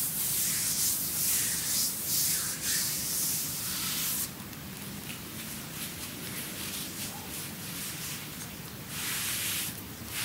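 A full body massage with continuous rubbing and sliding of hands over skin, a dense, hissy swishing that rarely pauses. The first four seconds are brighter and louder, then the strokes turn softer and duller before brightening again near the ninth second.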